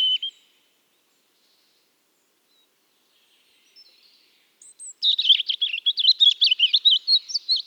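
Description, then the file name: European robin song: a brief thin note at the start, a long quiet pause with only a few faint notes, then a rapid run of high, tinkling, warbled notes that fills the last few seconds. "Erithacus rubecula"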